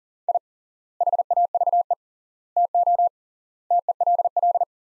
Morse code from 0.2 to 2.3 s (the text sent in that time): I HAVE